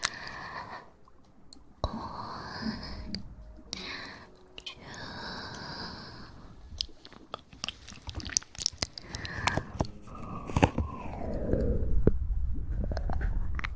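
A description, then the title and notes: Mouth sounds: wet clicks, smacks and soft crunchy chewing noises come in irregular bursts, with short whistly and squeaky tones sliding up and down. After about eight seconds the clicks grow denser and louder, ending in a rougher, low rumbling stretch. Hand Sounds & Movements, Mouth Sounds.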